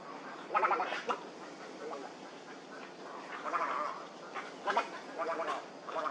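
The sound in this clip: Heron calls: nasal, chattering croaks in irregular clusters, a few louder rasping notes standing out above a hissy background.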